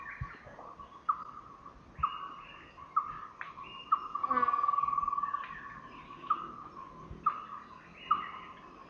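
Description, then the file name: Common hill myna calls: short, sharp mid-pitched notes repeated roughly every second, broken by a brief buzzy rattle in the middle, over a steady background hiss. Subspecies intermedia, recorded in Thailand. "Graculareligiosaintermedia TH"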